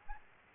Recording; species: mosquito wingbeat signal from an infrared sensor; Aedes albopictus